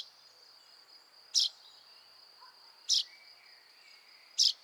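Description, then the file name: Common chaffinch uttering brief, emphatic call notes at regular intervals of about one and a half seconds against a continuous shrill background hum. "Fringilla coelebs"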